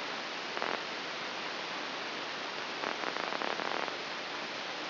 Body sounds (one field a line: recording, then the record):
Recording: brain microelectrode recording played as sound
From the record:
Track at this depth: inside the subthalamic nucleus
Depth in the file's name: 2.945 mm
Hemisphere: right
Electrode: 2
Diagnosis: Parkinson's disease